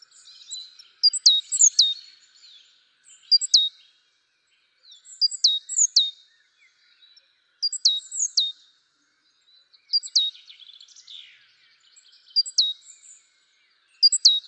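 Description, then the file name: Great tit calling with bright, high-pitched clipped notes that sweep steeply down, grouped in short bursts against a quiet background. "Parus major"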